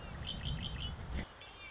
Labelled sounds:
Red-winged Blackbird

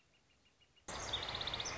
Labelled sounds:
Northern Flicker

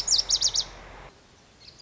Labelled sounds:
Lazuli Bunting

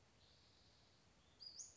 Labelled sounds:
Western Flycatcher

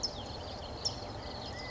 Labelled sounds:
California Towhee

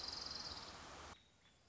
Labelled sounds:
Orange-crowned Warbler

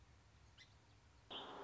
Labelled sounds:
Song Sparrow

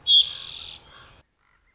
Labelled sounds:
Common Raven

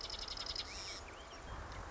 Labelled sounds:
Marsh Wren

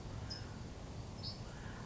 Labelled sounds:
California Towhee

